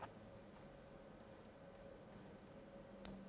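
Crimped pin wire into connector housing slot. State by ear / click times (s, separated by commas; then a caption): not seated / none. A red crimped pin wire is handled at the third slot of a 4-pin connector housing, but it has not seated or clicked into place yet. Faint ticks sit over a low steady hum, with a soft tap near 1.2 s and a sharp brief tick at 3.1 s. No one talks.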